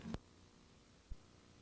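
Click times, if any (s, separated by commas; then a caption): none. A new presser foot is placed under the presser foot shank of a sewing machine made for the Nintendo Game Boy, and the lifter is lowered so the shank fits over the foot's pin. Quiet handling taps sound near 0.1 s and 1.1 s, and a sharp tap comes at 1.7 s as the clip ends. Nothing has seated or clicked yet; the foot has not snapped into place.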